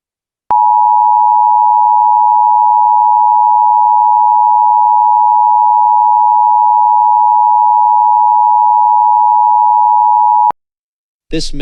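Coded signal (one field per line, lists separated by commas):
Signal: Emergency Alert System (SAME) tones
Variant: 853 and 960 Hz attention tone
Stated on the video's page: Fictional EAS scenario.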